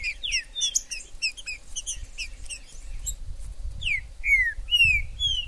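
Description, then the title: Green-winged saltator: four loud falling whistles near the end, after a rapid jumble of high chirps, with low rumble underneath. Wild bird in the forest; the video is meant to excite a kept trinca-ferro to call, sing and display in contests. "TRINCA Piando, Cantando E Macheando Na DISPUTA. TRINCA FERRO no MATO. Trinca ferro MAJOR no MATO"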